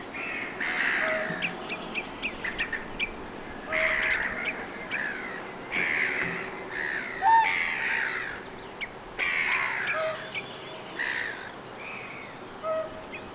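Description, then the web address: Whooper swan giving harsh, nasal honking calls in irregular bursts, with short clear tonal notes between them. "Kuup" or "puup" calls, recorded at length, 27 June 2025. "27 6 2025 laulujoutsenen kuup tai puup aania 3 pitkasti"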